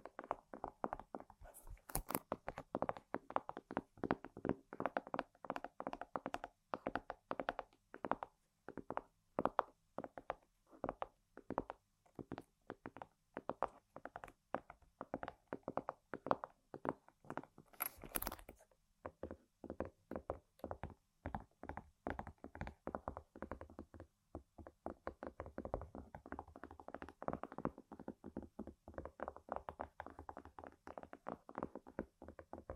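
Tapping and scratching on random objects, with dense, quick clusters of sharp taps and knocks running nearly the whole time. Rhythms shift between rapid bursts and brief pauses, and around 2 and 18 seconds a brighter, hissy scrape cuts through.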